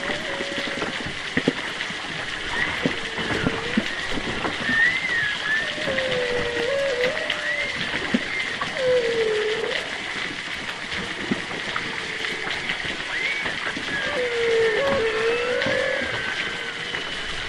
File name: zapsplat animals whales humpback underwater distant east australia august choppy water movement